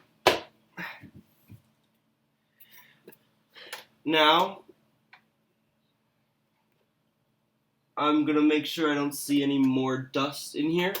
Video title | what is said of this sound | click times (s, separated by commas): How To Replace/Upgrade the RAM In a 2008 Mac Pro Quickly and Easily! (40GB?!) | until you get it click now | 0.3 s